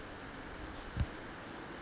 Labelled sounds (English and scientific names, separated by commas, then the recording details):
Oak Titmouse (Baeolophus inornatus)
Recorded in Sonoma County, California